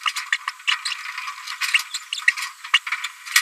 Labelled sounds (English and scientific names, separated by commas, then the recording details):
Green-rumped Parrotlet (Forpus passerinus) babbling
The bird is a female
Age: 30 days
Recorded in a nest box in Venezuela
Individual 17B73B2